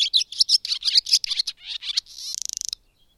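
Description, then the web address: High, jumbled bird song of quick chirps and slurred notes, ending in a fast, buzzy rattling trill before silence. "madarak enek"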